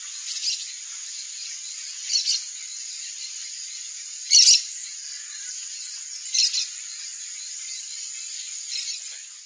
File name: Canto do maracana do buriti